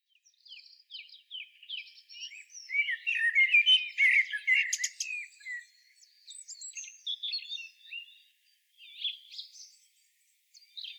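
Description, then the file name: Common blackbird singing a jumble of high squeaky notes and twitters, loudest in the middle, then fading into scattered chirps with short gaps. "Turdus merula"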